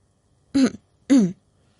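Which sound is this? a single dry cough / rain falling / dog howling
a single dry cough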